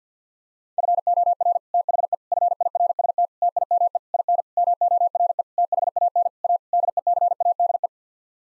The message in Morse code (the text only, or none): FOR THE FIRST TIME IN MORE THAN A DECADE